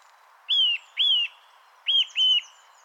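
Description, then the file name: Eurasian nuthatch giving loud, ringing whistled notes that dip at the end, in two pairs. "Sitta europaea"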